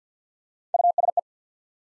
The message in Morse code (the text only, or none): U S E